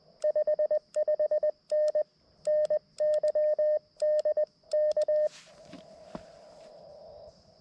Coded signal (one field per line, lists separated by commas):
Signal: Morse code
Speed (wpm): 20 wpm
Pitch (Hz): 610 Hz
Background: none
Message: 55N NYDK